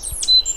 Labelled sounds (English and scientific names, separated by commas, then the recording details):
Stitchbird (Notiomystis cincta) song
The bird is a male
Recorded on Tiritiri Matangi Island, New Zealand, in 2005
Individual 10, of nest box 12